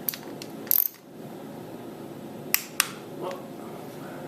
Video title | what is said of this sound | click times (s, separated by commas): My 2004 Harley Dyna Custom Project 2011 #20 | You heard that click? That one got torqued. | 2.5 s